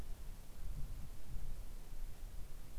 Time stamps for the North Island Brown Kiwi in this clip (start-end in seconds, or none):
none